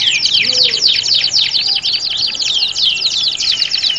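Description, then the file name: Canary song: fast repeated chips, trills and sweeping whistles in a busy, continuous high-pitched stream. Simulated singing contest of standard-type canaries. "audio-simulasi-lomba-kenari-standar 1-omkicau"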